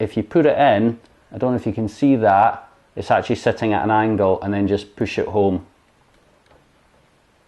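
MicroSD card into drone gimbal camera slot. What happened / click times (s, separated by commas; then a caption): The memory card is being lined up in its slot but has not clicked home / none. A microSD card is being fitted at an angle into the slot on the back of the gimbal camera of a Yuneec Q500 Typhoon HD drone, ready to be pushed home, while someone talks throughout. The talk stops near 5.7 seconds and only faint background noise follows. Nothing has seated or clicked yet.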